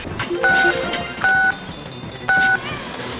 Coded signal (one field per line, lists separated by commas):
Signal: DTMF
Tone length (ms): 280 ms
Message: 66 6